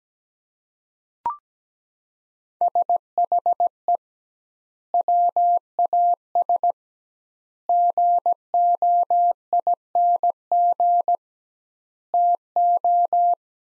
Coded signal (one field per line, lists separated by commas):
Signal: Morse code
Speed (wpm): 17 wpm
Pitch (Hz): 700 Hz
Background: none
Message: SHE WAS GOING TO